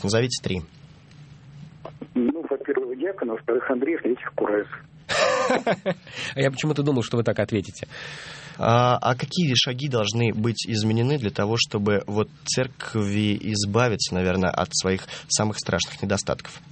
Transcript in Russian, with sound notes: Назовите три.
Ну, во-первых, диакон; во-вторых, Андрей; в третьих Кураев. (смеется)
Я почему-то думал, что вы так ответите.
А какие шаги должны быть изменены, для того чтобы вот Церкви избавиться, наверное, от своих самых страшных недостатков?